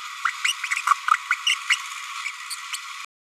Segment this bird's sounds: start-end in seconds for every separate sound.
0.24-0.30, 0.44-0.53, 0.63-0.69, 0.76-0.81, 1.30-1.35, 1.46-1.55, 1.69-1.76, 2.50-2.56, 2.72-2.77